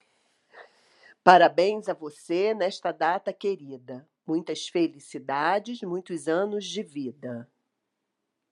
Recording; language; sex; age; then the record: short text; Brazilian Portuguese; female; 50 to 59 years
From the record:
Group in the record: control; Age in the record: 53 years